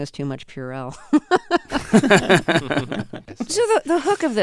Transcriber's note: laughter